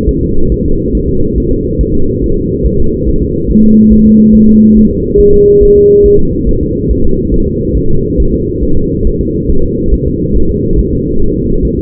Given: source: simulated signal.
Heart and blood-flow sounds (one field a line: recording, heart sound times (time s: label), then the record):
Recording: fetal heart sounds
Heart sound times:
0.09 s: S1
0.23 s: S2
0.52 s: S1
0.66 s: S2
0.95 s: S1
1.09 s: S2
1.38 s: S1
1.52 s: S2
1.81 s: S1
1.95 s: S2
2.24 s: S1
2.38 s: S2
2.67 s: S1
2.80 s: S2
3.09 s: S1
3.23 s: S2
3.51 s: S1
3.65 s: S2
3.93 s: S1
4.06 s: S2
4.35 s: S1
4.49 s: S2
4.77 s: S1
4.91 s: S2
5.20 s: S1
5.34 s: S2
5.63 s: S1
5.77 s: S2
6.06 s: S1
6.20 s: S2
6.49 s: S1
6.63 s: S2
6.91 s: S1
7.05 s: S2
7.34 s: S1
7.48 s: S2
7.77 s: S1
7.91 s: S2
8.20 s: S1
8.34 s: S2
8.63 s: S1
8.77 s: S2
9.07 s: S1
9.21 s: S2
9.50 s: S1
9.64 s: S2
9.94 s: S1
10.08 s: S2
10.37 s: S1
10.50 s: S2
10.79 s: S1
10.93 s: S2
11.22 s: S1
11.36 s: S2
11.65 s: S1
11.79 s: S2
From the record:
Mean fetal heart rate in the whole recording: 140 bpm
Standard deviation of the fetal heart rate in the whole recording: 2 bpm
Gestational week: 34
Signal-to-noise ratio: -19.1 dB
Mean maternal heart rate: 72 bpm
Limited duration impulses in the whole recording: present